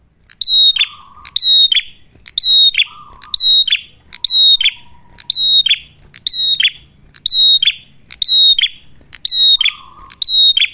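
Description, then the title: Ashy tailorbird song: steady, sharp, high whistled phrases about once a second, with occasional low buzzy trills and a faint low hum. Actively singing ('gacor') red-headed prenjak, clear recording for training cage birds (masteran) or luring (pikat); titled as a Cililin vs Kapas Tembak duet. "Masteran Duet Cililin Vs Kapas Tembak. Prenjak Kepala Merah Gacor [ Suara Jernih, Sangat Cocok Buat Masteran Ataupun Buat Pikat ]"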